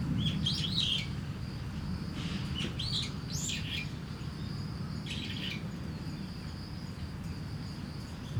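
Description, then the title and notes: Starling song of scratchy twittering notes in a few bursts, then quieter, over a heavy low rumble of traffic and a thin cricket whine. Singing in a tree in Kiyosumi garden, Tokyo, Japan, with crickets and cars; binaural recording with DPA 4060 microphones and a Deity PR-2. "Kiyosumi garden, Tokyo, Japon - Starling in a tree. Starling singing in a tree, crickets, cars, helicopter, people passing by"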